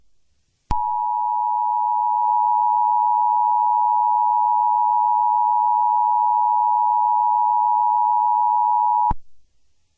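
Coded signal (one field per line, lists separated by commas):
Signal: Emergency Alert System (SAME) tones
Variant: 853 and 960 Hz attention tone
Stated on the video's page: Fictional scenario alert for a nuclear missile attack on Hawaii; the tones are stated to be valid EAS tones.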